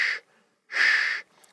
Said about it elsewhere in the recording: Mitral regurgitation is more that pan-systolic murmur, that shh, shh, shh. It's a long. Murmur, you can't hear the first or second heart sound at all, and it's holosystolic, same amplitude throughout, the same pitch.